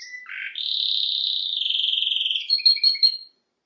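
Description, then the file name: Canary song: a rough buzzy start, a long sustained rolling trill, then a few quick chirps before it stops. "Canary Voice"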